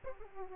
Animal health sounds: mosquito wingbeat signal from an infrared sensor; Aedes aegypti

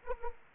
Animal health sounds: mosquito wingbeat signal from an infrared sensor; Anopheles arabiensis

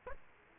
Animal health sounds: mosquito wingbeat signal from an infrared sensor; Aedes aegypti

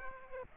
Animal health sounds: mosquito wingbeat signal from an infrared sensor; Aedes aegypti

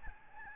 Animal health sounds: mosquito wingbeat signal from an infrared sensor; Aedes albopictus

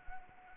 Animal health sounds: mosquito wingbeat signal from an infrared sensor; Anopheles arabiensis

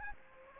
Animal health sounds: mosquito wingbeat signal from an infrared sensor; Aedes aegypti

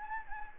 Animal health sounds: mosquito wingbeat signal from an infrared sensor; Anopheles gambiae

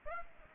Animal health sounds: mosquito wingbeat signal from an infrared sensor; Aedes aegypti

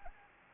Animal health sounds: mosquito wingbeat signal from an infrared sensor; Anopheles gambiae

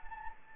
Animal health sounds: mosquito wingbeat signal from an infrared sensor; Anopheles gambiae

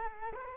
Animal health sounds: mosquito wingbeat signal from an infrared sensor; Culex quinquefasciatus

